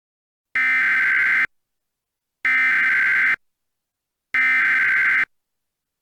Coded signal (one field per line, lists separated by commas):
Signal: Emergency Alert System (SAME) tones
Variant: header bursts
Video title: EAS Scenario - Charleston Chaos